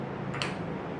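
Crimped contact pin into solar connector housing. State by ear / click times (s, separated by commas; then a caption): seated / 0.4 s. A crimped metal contact pin is pushed into a plastic MC4 solar connector housing until its locking collar snaps in. Over a steady low background hum, a short, bright click sounds at 0.4 s, just after a fainter tick. The pin is seated in the housing.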